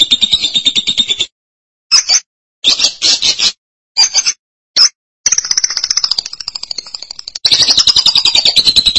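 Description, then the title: Lovebird chatter: a short buzzy trill, several sharp clipped bursts separated by silences, then longer rapid high trills to the end. "BM Suara Burung Lovebird"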